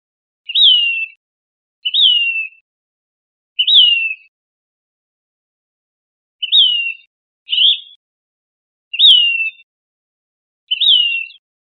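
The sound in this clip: Say's phoebe calling a clear, plaintive, down-slurred whistle, repeated seven times at irregular intervals of roughly one to three seconds, with a silent background.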